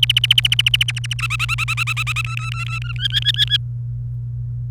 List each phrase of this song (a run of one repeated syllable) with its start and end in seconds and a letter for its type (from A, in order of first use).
0.02-1.21 A, 1.22-2.21 B, 2.24-3.07 C, 3.10-3.57 D